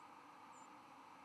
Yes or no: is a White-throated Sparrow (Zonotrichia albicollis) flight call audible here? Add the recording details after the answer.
yes. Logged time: 04:13 on 11 November 2014